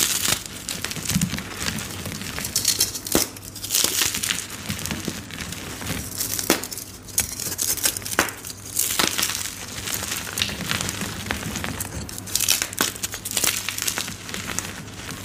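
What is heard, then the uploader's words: Dry chalky powder is crushed and crumbled, with dense crinkly crackling, sharp snapping bursts every second or two, and faint low hum. Black Iron Oxide & Yellow Glitter Mix. ASMR satisfying crushing reformed gym chalk and synthetic black iron oxide powder.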